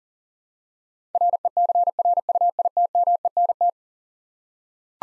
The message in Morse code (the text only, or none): RECRUITMENT